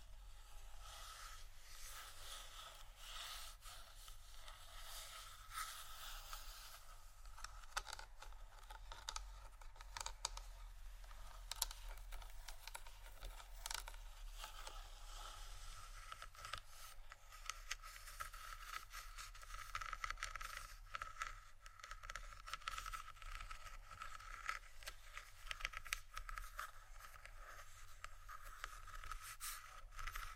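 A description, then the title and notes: Fingers tap and scratch on plastic bottles in a dense, continuous stream of small bright clicks and scrapes for the full half minute. The texture stays busy and fairly even, with sharper taps standing out now and then and a low steady hum underneath. ASMR Tapping & Scratching on Plastic Bottles （No Talking）.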